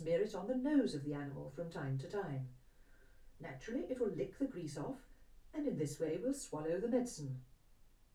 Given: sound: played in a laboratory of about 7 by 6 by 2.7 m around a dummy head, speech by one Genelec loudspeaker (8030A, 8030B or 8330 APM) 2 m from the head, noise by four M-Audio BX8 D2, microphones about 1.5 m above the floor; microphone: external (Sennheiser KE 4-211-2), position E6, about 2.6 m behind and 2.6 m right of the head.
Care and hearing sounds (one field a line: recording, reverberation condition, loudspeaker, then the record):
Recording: female speech in English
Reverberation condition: low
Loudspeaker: 120 degrees to the left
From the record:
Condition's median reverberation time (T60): about 310 ms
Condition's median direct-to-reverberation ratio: about 3.5 dB